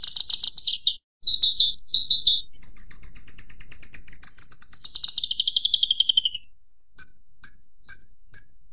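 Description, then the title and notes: Bird song of high, buzzy trilled phrases, then a long sweeping trill that slides downward, followed by four short, sharp chirps spaced about half a second apart. Bird song used as masteran (tutoring material); notes describe it as the bird's voice. "MASTERAN BURUNG. suarane manok"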